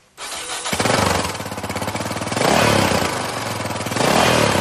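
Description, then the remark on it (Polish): A motorcycle engine starts with a burst, then revs loudly in rising and falling surges over a steady, rough idle rumble. No voices are heard. “Sezon motocyklowy wystartował.”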